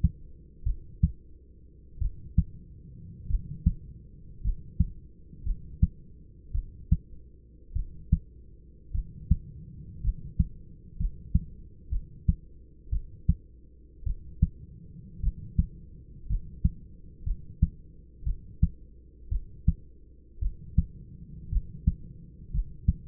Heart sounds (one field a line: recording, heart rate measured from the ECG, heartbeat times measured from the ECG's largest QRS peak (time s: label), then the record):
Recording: heart sounds by stethoscope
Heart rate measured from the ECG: 55 bpm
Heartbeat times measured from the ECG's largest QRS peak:
0.64 s: heartbeat
1.99 s: heartbeat
3.28 s: heartbeat
4.42 s: heartbeat
5.44 s: heartbeat
6.52 s: heartbeat
7.73 s: heartbeat
8.92 s: heartbeat
10.02 s: heartbeat
10.97 s: heartbeat
11.90 s: heartbeat
12.90 s: heartbeat
14.04 s: heartbeat
15.21 s: heartbeat
16.27 s: heartbeat
17.24 s: heartbeat
18.24 s: heartbeat
19.29 s: heartbeat
20.40 s: heartbeat
21.50 s: heartbeat
22.51 s: heartbeat
From the record:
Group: healthy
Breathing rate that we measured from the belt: 10 breaths a minute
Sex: male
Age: 25 years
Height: 170 cm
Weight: 70.4 kg